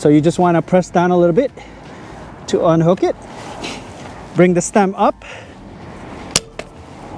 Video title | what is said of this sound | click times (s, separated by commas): Uscooters Booster V Electric Scooter - Full Review | and then that red latch will lock into place | 6.4 s